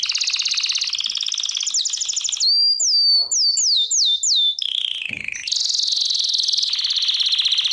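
American Singer canary song: long rapid trills shifting pitch, a run of bright downslurred whistles in the middle, then a low falling rattle and more high buzzy rolls.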